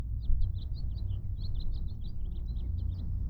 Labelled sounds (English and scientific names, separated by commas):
House Finch (Haemorhous mexicanus) song